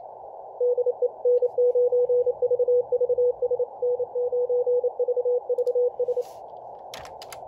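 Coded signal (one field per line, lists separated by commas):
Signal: Morse code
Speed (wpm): 27 wpm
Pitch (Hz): 490 Hz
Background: radio noise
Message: DE N9VVS N9VVS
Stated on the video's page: Morse Runner practice.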